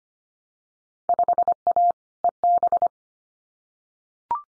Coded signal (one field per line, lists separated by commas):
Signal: Morse code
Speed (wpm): 25 wpm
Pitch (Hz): 700 Hz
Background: none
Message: 5A EB